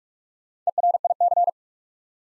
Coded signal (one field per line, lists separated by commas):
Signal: Morse code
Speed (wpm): 45 wpm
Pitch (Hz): 700 Hz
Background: none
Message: ERIC